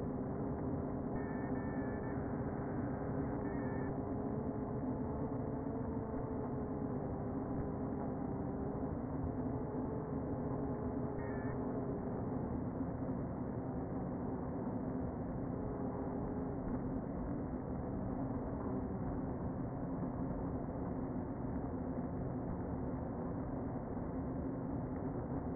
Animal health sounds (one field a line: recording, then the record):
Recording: honeybee colony, microphone inside the hive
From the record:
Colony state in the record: queen present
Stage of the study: before two queens were removed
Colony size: about 60,000 bees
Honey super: yes